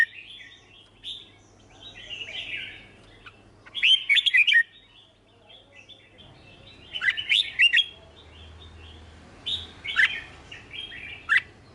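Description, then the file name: Red-whiskered bulbul song: soft warbling with loud clusters of sharp chirps around four, seven and ten seconds, plus a low background hum. "Tieng chao mao hot che"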